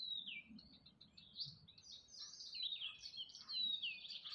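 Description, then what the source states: Bird song, a continuous warbling run of high twittering notes with swooping, falling whistles, fairly steady throughout. Forest birds recorded in spring.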